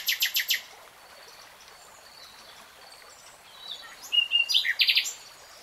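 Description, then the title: Nightingale song: a fast burst of bright repeated notes, a pause, then a varied phrase of high trills and whistles; faint background hiss throughout. "[Tiếng chim hót] Nightingale Singing"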